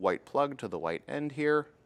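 Someone talks while handling the white plug on the smaller cord of a Redarc Tow-Pro Elite brake controller's knob end, which has no outer face on yet, lining it up to push into the white mating end during an install on a 2024 Toyota 4Runner. The plug has not seated or clicked in yet.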